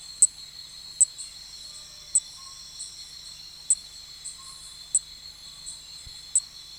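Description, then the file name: Nesobia mjobergi cricket singing a constant thin, high buzz, punctuated by several sharp ticks at uneven intervals. "Nesobia mjobergi"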